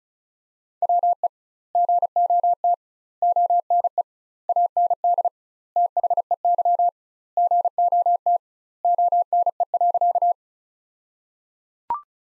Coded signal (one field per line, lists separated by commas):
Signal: Morse code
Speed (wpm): 36 wpm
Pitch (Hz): 700 Hz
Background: none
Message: WE GOT ONE AND THEY GOT ONE.